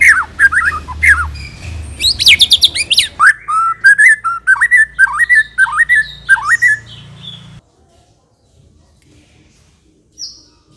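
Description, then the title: White-rumped shama song, a dense run of whistles, slurred notes and harsh high chips over a low hum, ending abruptly in near silence with one faint high note. Lure sound used to attract an aggressive white-rumped shama. "Pancingan Murai Batu Galak"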